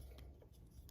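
The plastic leg section of a Transformers Kingdom Core Class Megatron robot figure is bent by hand so its small tab lines up with its slot on the figure's side. Quiet rubbing and scraping handling noises are heard, with a brief faint tick near 0.9 s. Nothing has seated or clicked into place yet.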